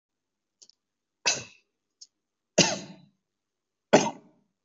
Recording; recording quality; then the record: heavy voluntary cough; excellent, no background noise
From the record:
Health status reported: COVID-19 positive, no symptoms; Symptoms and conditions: none ticked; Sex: male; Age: 25 years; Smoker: not ticked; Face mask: not worn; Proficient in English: no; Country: India